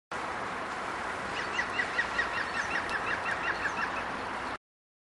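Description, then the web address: Black woodpecker calling a fast series of about a dozen clear, even notes over a steady background hiss. At Zakole Wawerskie, Poland. "zakole-wawerskie dzieciol-czarny"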